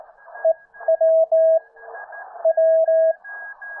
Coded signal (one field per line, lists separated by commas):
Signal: Morse code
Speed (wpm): 18 wpm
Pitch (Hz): 650 Hz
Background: radio noise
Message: E W W